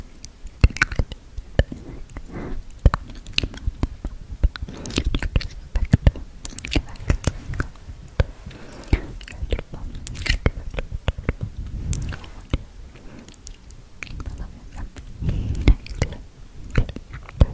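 Wet mouth sounds fill the clip: quick clicks, smacks and soft crunchy chewing noises arrive in dense, irregular bursts throughout. Low murmuring breathy sounds sit underneath. It is quiet, with nothing else in the background.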